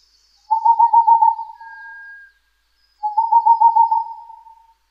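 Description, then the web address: Boreal Owl giving two rapid trills of level hoots, about two and a half seconds apart, with a quiet thin whistle trailing the first. "kinmefukuro"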